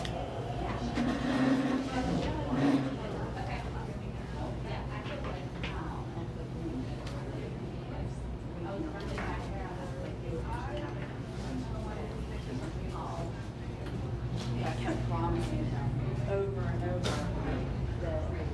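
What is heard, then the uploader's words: A buzzing coffee shop with a steady murmur of overlapping voices that never drops away. A low hum runs underneath throughout, and occasional clinks and light knocks break through, a few sharper ones near the start and again around sixteen seconds. A buzzing coffee shop.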